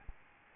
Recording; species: mosquito wingbeat signal from an infrared sensor; Aedes albopictus